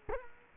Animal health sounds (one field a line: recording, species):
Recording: mosquito wingbeat signal from an infrared sensor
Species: Culex quinquefasciatus